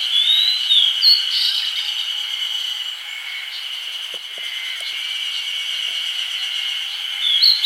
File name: Emberiza variabilis